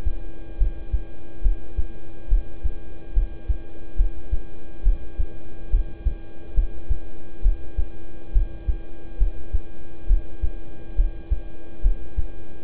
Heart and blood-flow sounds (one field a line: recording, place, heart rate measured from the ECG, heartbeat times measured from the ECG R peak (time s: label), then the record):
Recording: heart sounds by stethoscope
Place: between the tricuspid and mitral areas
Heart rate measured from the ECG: 69 bpm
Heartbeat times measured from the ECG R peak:
0.58 s: heartbeat
1.42 s: heartbeat
2.28 s: heartbeat
3.13 s: heartbeat
3.96 s: heartbeat
4.83 s: heartbeat
5.70 s: heartbeat
6.54 s: heartbeat
7.42 s: heartbeat
8.32 s: heartbeat
9.18 s: heartbeat
10.07 s: heartbeat
10.96 s: heartbeat
11.82 s: heartbeat
From the record:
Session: rest, lying down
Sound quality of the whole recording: good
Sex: male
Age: 26 years